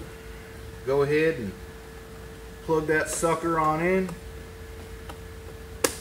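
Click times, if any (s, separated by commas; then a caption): 5.8 s. On a 2011 Cadillac SRX, during interior disassembly for sunshade removal, the wire plug for the interior light is pushed onto its connector while someone talks over a steady low hum. A sharp, satisfying click at 5.9 s marks the plug seating in the connector.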